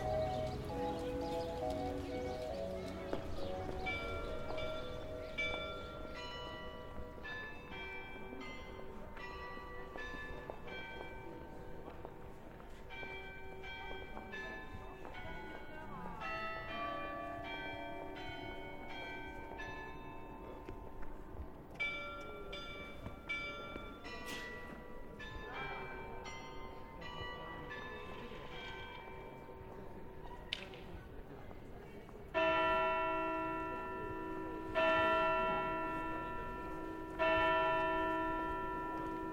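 Street ambience in Geneva's old town, dominated by church bells ringing almost continuously, with overlapping strikes whose tones hang and blend. Around the 32-second mark the bells grow noticeably louder and clearer. A low, steady city hum sits underneath throughout.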